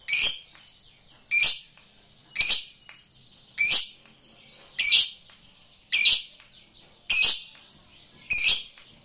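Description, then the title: Lovebird making sharp, harsh high squawks, eight bursts spaced roughly every second, separated by near silence. Used to stimulate a lazy lovebird that sings little into spontaneous, energetic singing. "LOVEBIRD Malas Bunyi JADI GREGET SPONTAN Langsung NARIK"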